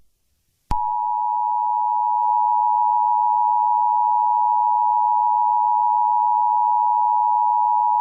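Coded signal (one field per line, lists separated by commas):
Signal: Emergency Alert System (SAME) tones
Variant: 853 and 960 Hz attention tone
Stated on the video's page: Fictional EAS scenario with SAME tones about an unknown creature.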